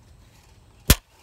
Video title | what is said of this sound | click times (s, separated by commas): Replace Chainsaw Pull Cord - Stihl MS250 | Right there, that spring pops. | 0.9 s